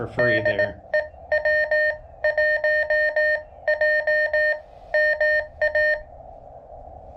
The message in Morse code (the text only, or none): DEW 1 J MA